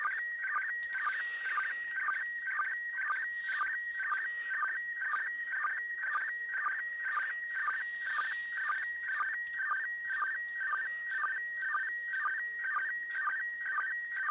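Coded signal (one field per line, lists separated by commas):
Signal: SSTV (slow-scan television)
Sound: steady warbling, chirping tones with rhythmic low clicks about twice a second, continuous throughout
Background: faint radio static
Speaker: looks like about another minute to go and wow cool here it is so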